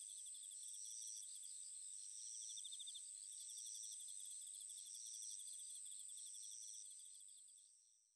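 Cricket chirping in fast, high, pulsing bursts over a constant shrill tone, fading away in the final second.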